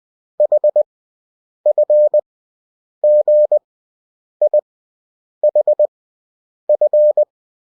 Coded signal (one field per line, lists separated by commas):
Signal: Morse code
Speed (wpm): 20 wpm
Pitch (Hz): 600 Hz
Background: none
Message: H F G I H F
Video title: Advanced Morse Code Proficiency (F-J)